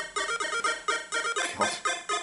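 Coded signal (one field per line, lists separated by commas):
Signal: none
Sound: game music notes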